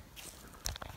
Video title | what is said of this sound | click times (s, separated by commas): Toyota Corolla How to Change ALL lights to LED | now that's all snapped back in it's | 0.7 s, 0.8 s